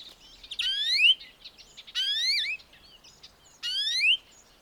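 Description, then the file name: European greenfinch calls: three rising, nasal whistled notes with bright harmonics, each about half a second long, spaced roughly every one and a half seconds. "Chloris chloris"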